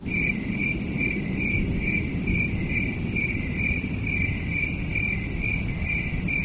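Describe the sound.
Cricket chirping: repeated high, pulsing chirps over a continuous low rumble.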